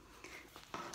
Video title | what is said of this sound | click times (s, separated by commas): #10 Handbag Course - Hidden Strap Connectors - With Kelley Rao | cap on you'll feel it snap in place nicely | 0.7 s